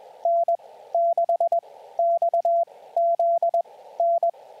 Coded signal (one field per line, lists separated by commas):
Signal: Morse code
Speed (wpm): 21 wpm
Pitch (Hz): 680 Hz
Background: radio noise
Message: N6XZN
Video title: #4 Callsign Practice | Morse Code for SOTA